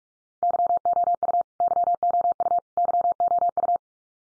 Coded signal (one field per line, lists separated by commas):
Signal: Morse code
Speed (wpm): 44 wpm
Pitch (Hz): 700 Hz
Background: none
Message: YOU YOU YOU